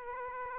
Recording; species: mosquito wingbeat signal from an infrared sensor; Aedes aegypti